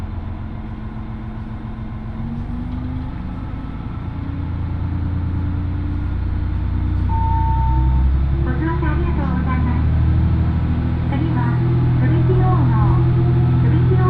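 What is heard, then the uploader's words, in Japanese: On board the first Oito Line train departing Itoigawa for Minami-Otari, a steady low engine rumble fills the clip, swelling slightly after the sixth second. Around seven seconds a brief high tone sounds, and from eight seconds on, voices talk over the running train. 耳で楽しむ鉄道旅 大糸線 糸魚川→平岩。糸魚川を出る大糸線の始発列車で南小谷へと向かいます。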